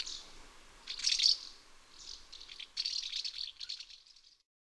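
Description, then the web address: Common house martin giving short rattling chirrups in several bursts, then fading to silence at the end. "Bysvale"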